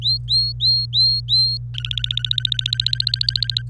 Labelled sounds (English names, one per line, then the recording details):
Domestic Canary song
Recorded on 25 April 2018 at 14:01
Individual llb3